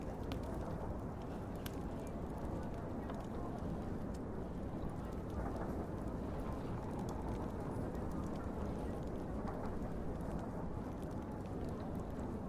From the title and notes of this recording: Hanging out with Loki & Sylvie in a Bar Ambience // ASMR. This audio features soundbites of sylvie and loki softly speaking, as well as faint train noises, crackling and background speaking noise.